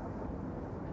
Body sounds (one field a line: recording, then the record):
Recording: background sound without coughing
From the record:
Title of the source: Train Ride Ambience ambient white noise for sleeping, focus, studying, reading